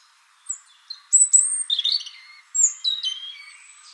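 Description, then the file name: European robin song: thin high whistles and tinkling warbled notes in quick, varied bursts, with a short pause before a final phrase. "Erithacus rubecula"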